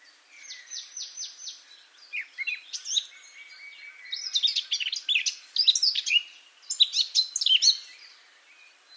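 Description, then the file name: Eurasian blackcap singing: a few repeated thin notes and soft twitters open a brisk, varied warble that grows louder with bright, jumbled phrases. "Sylvia atricapilla"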